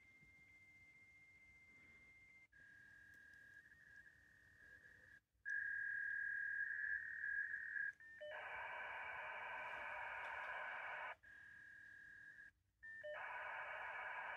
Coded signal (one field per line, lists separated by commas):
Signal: dial-up modem handshake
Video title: Call the compiler, fax it your code